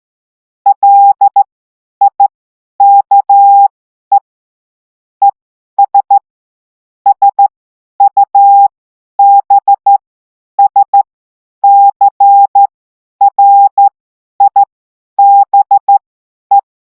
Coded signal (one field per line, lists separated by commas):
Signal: Morse code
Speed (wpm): 14 wpm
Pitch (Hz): 800 Hz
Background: none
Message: LIKE ES SUBSCRIBE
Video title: How to do a POTA Activation - Parks On The Air